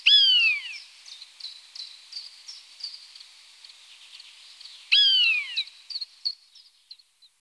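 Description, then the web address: Common buzzard calling twice: a plaintive, descending mew at the start and another after about five seconds, with soft high twittering in the background. "Buteo buteo. ns svatomartinska alej"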